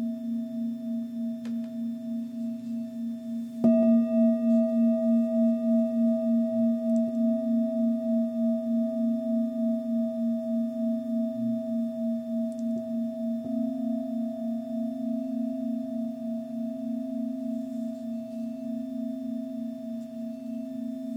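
Crystal and Tibetan bowls ring in a steady, sustained hum, with a low tone and a clear higher one pulsing gently as they beat together. Around four seconds a fresh strike brings a louder swell and bright overtones, which slowly fade across the remaining twenty seconds.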